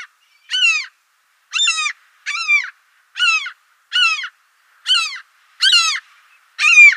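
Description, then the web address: Common gull calls: eight harsh, nasal cries, each about a third of a second, at slightly irregular intervals. "Schulze Peter Common Gull"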